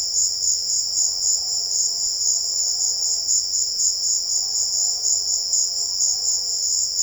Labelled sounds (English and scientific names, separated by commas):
none